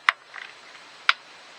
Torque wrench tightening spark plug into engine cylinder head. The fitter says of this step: But you can see once my uh 12 wrench clicks, I just go another maybe two times on it.